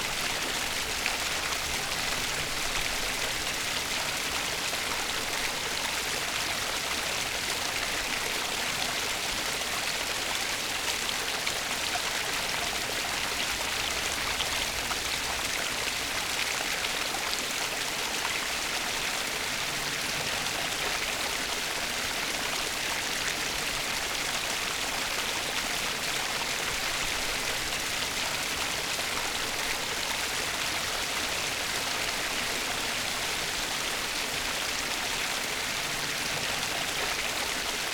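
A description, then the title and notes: A fast-running stream rushes steadily with a dense, bright hiss and fine splashing, unchanging in level throughout, with little low rumble. The Stream is Picking Up Speed. Water and nature sounds.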